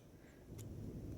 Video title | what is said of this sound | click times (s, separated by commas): How to detail strip your Glock! | slide the cover plate up until it snaps into place. | 0.6 s